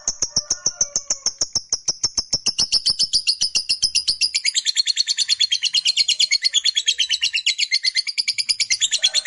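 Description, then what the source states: Lovebird giving a long, fast chattering trill of rapid high buzzy notes that runs throughout. Fighter-type lovebird giving a long chattering call.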